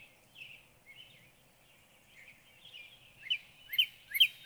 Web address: birdsongforthecurious Northern Cardinal